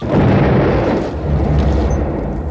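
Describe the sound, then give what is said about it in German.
A loud, sharp, dull explosion aboard a brig booms and rolls on as a heavy, low rumble that stays strong for a couple of seconds, with no voices. “Der scharfe, dumpfe Knall der Explosion hinter uns schreckte uns alle auf.”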